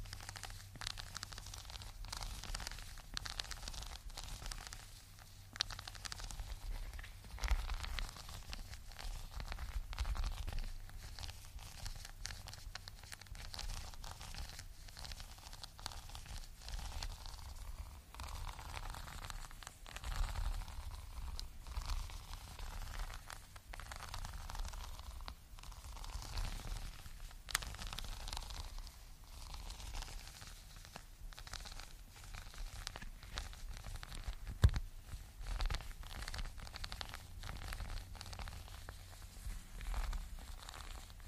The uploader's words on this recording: Surprisingly tingly textures. Green bumpy rug.